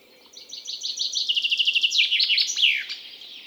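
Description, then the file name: Common chaffinch song: a rapid series of repeated notes stepping down in pitch, then a loud ending flourish, one complete phrase. "Fringilla coelebs"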